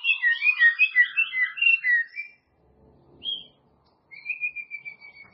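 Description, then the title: White-rumped shama song: a rapid rippling run of whistled notes, a short pause with a single whistle, then a thin level trill. "murai batu"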